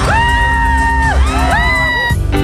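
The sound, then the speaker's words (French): A woman lets out two long, high-pitched shouts that swoop up and fall away, loud over the dense roar of a crowded nightclub. “Sylvie cherche un deux pièces vu sur les toits, lumineux, elle est en discothèque,”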